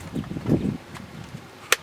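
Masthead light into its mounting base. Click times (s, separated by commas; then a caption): 1.7 s. An LED tri-colour masthead light, lined up with green and red facing forward, is locked into its mounting base. Low handling rustle comes first, then a single sharp, loud click at 1.7 s as the light base seats into the mount.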